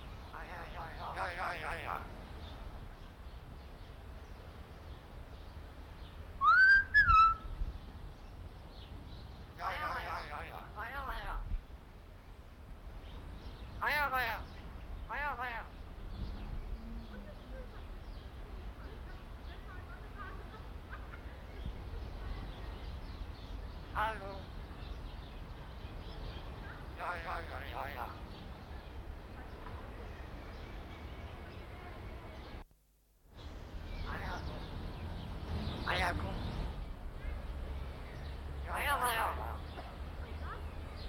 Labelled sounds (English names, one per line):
Common Hill Myna